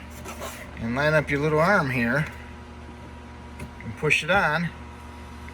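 On a 2015 Hyundai Sonata, the small plastic glovebox door damper arm is lined up and pushed toward its mounting peg while the glovebox door is refitted after a cabin filter change. Someone talks over a low steady hum, with brief soft handling taps at about 3.6 and 3.8 seconds. The clip ends before the arm goes home, so nothing has seated or clicked yet.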